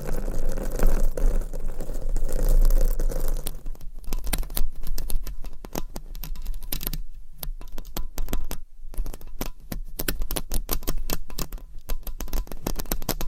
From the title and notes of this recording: ASMR Mic Scratching - Brain Scratching with 10 Mics and Claws Asmr No Talking.